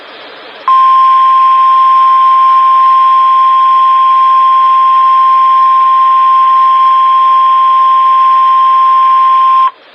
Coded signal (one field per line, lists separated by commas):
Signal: Emergency Alert System (SAME) tones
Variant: 1050 Hz attention tone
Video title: NOAA Radio (EAS # 559-563) Flood Warnings 1/19-21/19